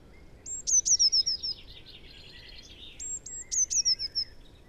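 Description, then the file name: Eurasian blue tit song: high piercing notes, then a rapid trill dropping slightly in pitch, delivered twice with a short pause between and soft twittering behind. "Cyanistes caeruleus"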